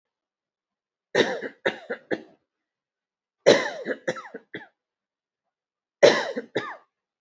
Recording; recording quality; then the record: heavy voluntary cough; excellent, no background noise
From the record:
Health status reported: recovered from COVID-19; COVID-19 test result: positive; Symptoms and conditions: cough, fever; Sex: female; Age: 54 years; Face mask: not worn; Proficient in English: yes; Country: India